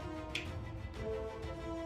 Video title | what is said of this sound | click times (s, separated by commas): Star Wars Snap Together Rocker Switches! #starwars #disney #diy #howtomake #led #switch #rock | and these will click in just like this. I'll just show you really quick. | 0.4 s